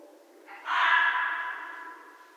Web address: Red Fox 2012 01 11 Red Fox